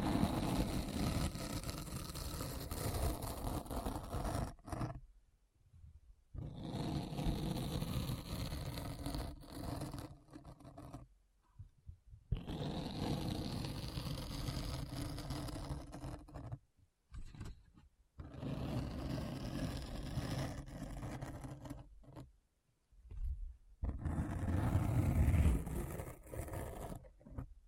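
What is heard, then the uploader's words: Deep Brain Scratch: dense, low, grinding rumble in bursts of several seconds, cut by abrupt silences near 5, 11, 16, 21 and 23 seconds. ASMR Deep Brain Scratch (No Talking).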